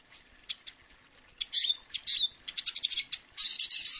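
Bird giving high twittering chirps, sparse at first and then coming in rapid clusters of quick notes toward the end.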